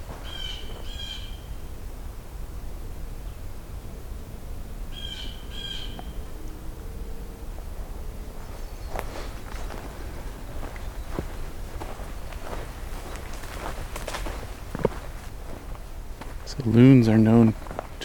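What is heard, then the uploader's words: Warblers sing two short, high, buzzy phrases near the start and again around five seconds, over a low steady hiss. Later come scattered soft taps and rustles like footsteps, and a brief louder voice-like sound near the end. I’m continuing to explore the trails that extend from the Kinglet Junction, to see what new habitats I might find. We’ll be hearing from American Redstarts, Nashville Warblers, Yellow-rumped Warblers, and more.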